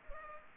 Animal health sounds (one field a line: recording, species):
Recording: mosquito wingbeat signal from an infrared sensor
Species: Culex pipiens